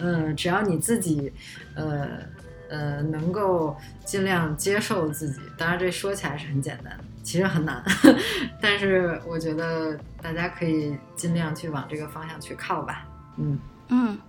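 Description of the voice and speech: An adult woman speaks Mandarin in a quiet room with a clear, steady voice and natural pitch movement. A few drawn-out 'uh' hesitations come early; the rest flows in smooth, connected phrases. This is ordinary fluent speech.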